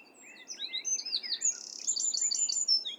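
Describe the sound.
Wren singing in quick high chirps and sweeping notes that run into a fast, dry trill, then more bright twittering phrases over low hiss.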